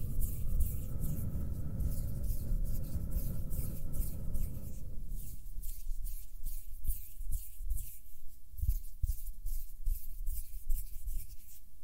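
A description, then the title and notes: Soft hand movements rub and brush in quick, regular strokes, with a low steady hum underneath for the first five seconds before it drops away. HAND SOUNDS + SOFT HAND MOVEMENS.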